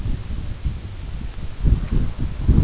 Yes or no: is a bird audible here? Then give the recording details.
no. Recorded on Arctic tundra, site UTQI-5, on 25 June 2018. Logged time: 18:00